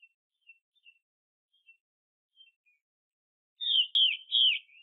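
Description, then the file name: Chinese hwamei song: soft scattered whistled notes, then three loud slurred, falling whistles at the end, one with a sharp click. Female bird. "Tieng chim hoa mi mai xuy"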